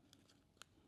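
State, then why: Not seated. A plastic hardware fitting is worked onto the roped and flat fabric edges of a hatch cover canopy wind scoop, pulled on one side to snap it into place. Two short sharp clicks are heard near 0.1 s and 0.6 s over a low background. Nothing has seated or snapped home yet.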